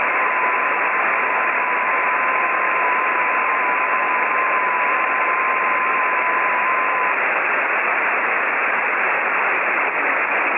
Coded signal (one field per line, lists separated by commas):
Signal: FT8